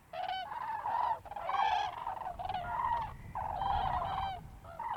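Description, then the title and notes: Cranes calling, loud resonant trumpeting notes in uneven bursts, several birds overlapping with barely a gap between calls. Cranes flying over Polder Glies, Bremerhaven, Germany, with a photographer's camera shutter clicks audible. "Grues en vol - Polder Glies - Bremerhaven, Germany"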